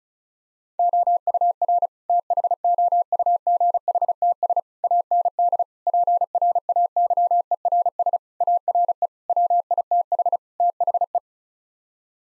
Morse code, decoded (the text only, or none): OUR THOUGHTS AND PRAYERS ARE WITH THE